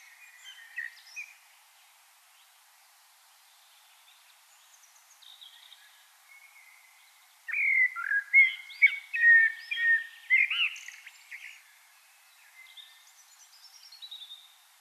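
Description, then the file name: Common blackbird singing: faint scattered notes at first, then one loud, rich warbling phrase of fluty whistles, fading into soft high twitters. "Turdus merula"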